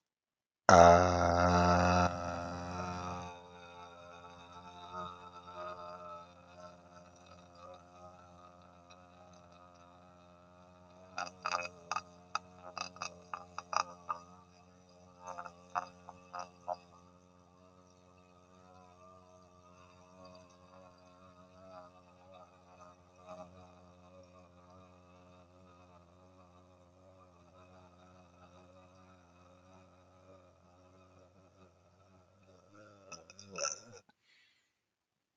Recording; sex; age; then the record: vowel held as long as possible; male; 50 to 59 years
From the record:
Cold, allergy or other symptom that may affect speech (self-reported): no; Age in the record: 56 years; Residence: Georgia, United States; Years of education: 16